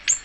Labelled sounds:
Ovenbird (Seiurus aurocapilla) flight call

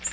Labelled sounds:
Nashville Warbler (Leiothlypis ruficapilla) flight call

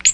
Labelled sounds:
Ovenbird (Seiurus aurocapilla) flight call

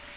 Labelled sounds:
Magnolia Warbler (Setophaga magnolia) flight call

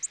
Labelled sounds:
Orange-crowned Warbler (Leiothlypis celata) flight call

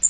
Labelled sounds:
Blackpoll Warbler (Setophaga striata) flight call

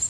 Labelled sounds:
Prairie Warbler (Setophaga discolor) flight call

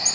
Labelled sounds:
Black-throated Green Warbler (Setophaga virens) flight call

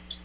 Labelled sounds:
Nashville Warbler (Leiothlypis ruficapilla) flight call

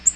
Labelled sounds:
Black-throated Green Warbler (Setophaga virens) flight call

